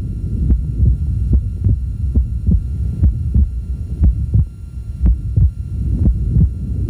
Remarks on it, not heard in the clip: Wide splitting of the second heart sound is present without physiologic variation. In the recording that you'll hear now, we're listening at the left upper sternal border. There is splitting with each heartbeat, and the splitting does not vary throughout the respiratory cycle. In addition, you'll hear a soft mid-systolic murmur. Both findings are characteristic of atrial septal defect with a large QP to QS.